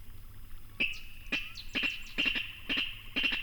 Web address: Songs of Birds of North America Know Your Bird Sounds Common Western Species Virginia Rail